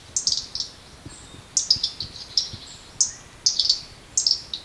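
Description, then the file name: European robin calling with clusters of two or three sharp, high ticks, repeated at short intervals. "Erithacus rubecula"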